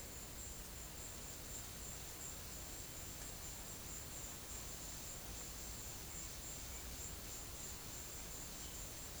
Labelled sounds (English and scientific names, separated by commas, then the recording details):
none
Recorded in secondary vegetation near Puerto Asís, Putumayo, Colombia, on 22 December 2024 at 14:00
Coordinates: 0.489, -76.322
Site G059